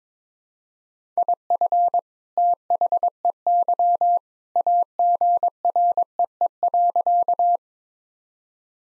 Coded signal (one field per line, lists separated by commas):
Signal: Morse code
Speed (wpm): 21 wpm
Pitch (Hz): 700 Hz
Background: none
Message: IF THEY AGREE.